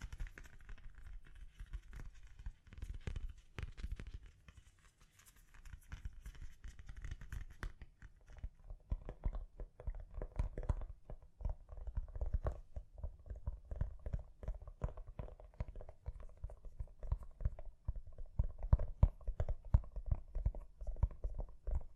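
Gentle tapping runs through the clip as a dense stream of soft, quick taps with an uneven rhythm, mostly low and muffled with a few brighter clicks. A brief lull comes near five seconds, and the tapping grows slightly firmer toward the end.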